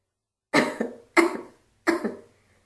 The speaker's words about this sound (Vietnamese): Vài tiếng ho mạnh kinh động đến Hứa Bội Dung.